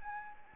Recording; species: mosquito wingbeat signal from an infrared sensor; Anopheles arabiensis